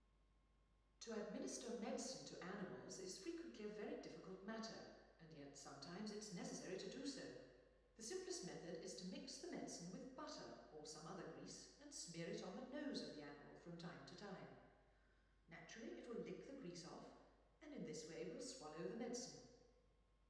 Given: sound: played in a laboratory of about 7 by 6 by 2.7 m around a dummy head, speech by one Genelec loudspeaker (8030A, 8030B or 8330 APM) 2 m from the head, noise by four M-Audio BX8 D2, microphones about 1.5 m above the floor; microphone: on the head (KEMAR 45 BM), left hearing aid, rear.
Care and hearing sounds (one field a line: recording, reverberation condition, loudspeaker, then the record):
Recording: female speech in English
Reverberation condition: high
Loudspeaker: 30 degrees to the left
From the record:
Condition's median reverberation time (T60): about 1300 ms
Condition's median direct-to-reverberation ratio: about -4.0 dB